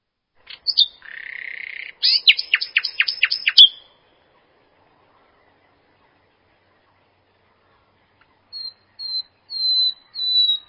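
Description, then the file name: Common nightingale song: a thin whistle and a buzzy note, then a fast rattling series of sharp notes, silence, and four short high whistles. "nachtigall"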